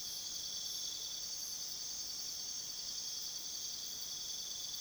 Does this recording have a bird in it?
no